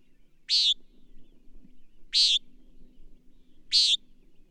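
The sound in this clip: Bird song of three crisp, high chirps spaced about one and a half seconds apart, each short, over a soft low rumble.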